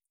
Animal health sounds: hydrophone in a shrimp aquaculture tank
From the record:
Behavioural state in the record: feeding

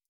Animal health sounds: hydrophone in a shrimp aquaculture tank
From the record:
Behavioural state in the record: stressed

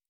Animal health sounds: hydrophone in a shrimp aquaculture tank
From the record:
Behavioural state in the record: normal

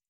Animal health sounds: hydrophone in a shrimp aquaculture tank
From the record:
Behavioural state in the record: feeding

